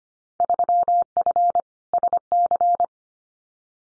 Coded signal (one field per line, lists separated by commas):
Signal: Morse code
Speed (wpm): 25 wpm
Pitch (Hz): 700 Hz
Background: none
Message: 3F SC